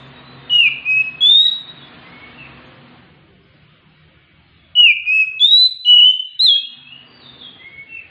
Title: Kacer Langsung Tarung Konslet KACER NGOTOT FULL TEMBAKAN. Pancing 30 DETIK SAJA Kacer MALES BUNYI jadi RESPON GACOR Dengan Ocehan Kacer GACOR pedas